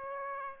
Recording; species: mosquito wingbeat signal from an infrared sensor; Aedes aegypti